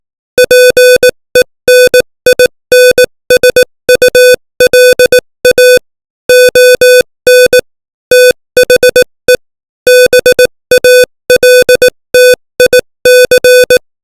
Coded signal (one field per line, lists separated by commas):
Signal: Morse code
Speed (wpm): 18 wpm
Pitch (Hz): 500 Hz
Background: music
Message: PENINSULA ON THE BALTIC